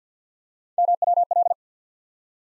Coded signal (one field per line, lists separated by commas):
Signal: Morse code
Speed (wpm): 50 wpm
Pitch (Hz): 700 Hz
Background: none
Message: MWL